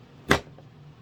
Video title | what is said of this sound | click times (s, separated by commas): Wool Jeanie magnetic pendulum knitting and crochet yarn feeding system review. | So, down till it clicks. | 0.3 s